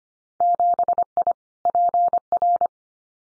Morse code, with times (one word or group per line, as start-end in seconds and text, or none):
0.4-1.3 7I
1.7-2.7 PR